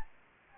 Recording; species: mosquito wingbeat signal from an infrared sensor; Anopheles gambiae